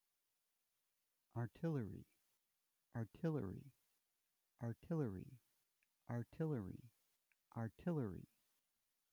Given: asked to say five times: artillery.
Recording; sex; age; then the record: repeated word; male; 50 to 59 years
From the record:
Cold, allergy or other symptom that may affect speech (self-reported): no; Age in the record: 57 years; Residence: Texas, United States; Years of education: 21